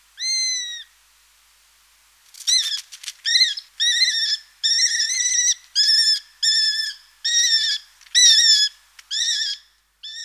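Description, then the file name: Eurasian sparrowhawk calls: a whining note, then a run of short harsh notes followed by several similar whining calls in quick, uneven succession. "Epervier"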